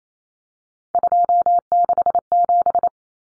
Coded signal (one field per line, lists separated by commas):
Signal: Morse code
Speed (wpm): 28 wpm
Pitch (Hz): 700 Hz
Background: none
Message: 267